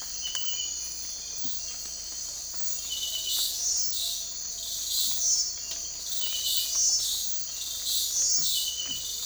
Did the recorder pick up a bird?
no